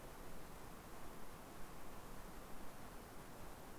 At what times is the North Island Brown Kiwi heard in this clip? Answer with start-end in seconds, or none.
none